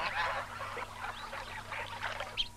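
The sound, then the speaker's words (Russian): A dense chorus from a large flock of big white ducks quacking and honking together as they swim toward the shore, many overlapping calls in a continuous, busy din with no pauses, steady and fairly loud throughout. “Белые крупные утки большой стаи подплывают к берегу.”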